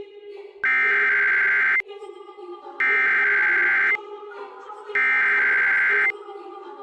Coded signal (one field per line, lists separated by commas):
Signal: Emergency Alert System (SAME) tones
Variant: header bursts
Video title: IP - Snow SQUAIL Warning(S) - No EAS